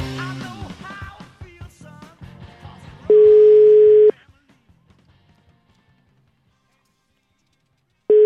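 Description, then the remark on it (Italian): A voice speaks briefly, then a loud, steady telephone busy tone sounds after the other party hangs up, lasting about a second, stops, and after a long silence starts again at the very end. “Vedo una situazione molto negativa perché non si sbatte il telefono in faccia alle persone, mago.”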